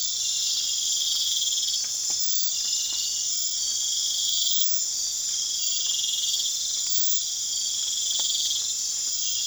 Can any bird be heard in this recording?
no